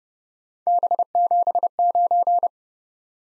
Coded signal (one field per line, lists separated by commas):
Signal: Morse code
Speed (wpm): 29 wpm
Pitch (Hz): 700 Hz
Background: none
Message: B79